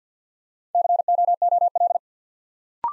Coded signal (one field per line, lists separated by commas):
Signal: Morse code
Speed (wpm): 50 wpm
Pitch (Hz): 700 Hz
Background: none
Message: COOL